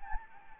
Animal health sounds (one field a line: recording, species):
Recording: mosquito wingbeat signal from an infrared sensor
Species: Anopheles gambiae